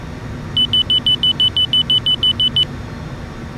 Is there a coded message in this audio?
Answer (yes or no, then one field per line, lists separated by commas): no